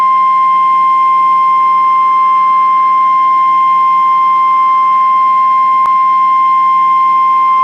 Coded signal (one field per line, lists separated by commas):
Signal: Emergency Alert System (SAME) tones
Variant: 1050 Hz attention tone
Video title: (Fail) NOAA EAS LOCAL AREA EMERGENCY 1/26/21